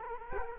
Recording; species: mosquito wingbeat signal from an infrared sensor; Culex quinquefasciatus